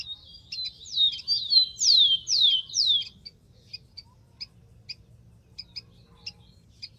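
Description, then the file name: Rufous-collared sparrow song of several loud whistles, each sliding steeply downward in quick succession, followed by faint, sparse high ticks. "canto do tico tico"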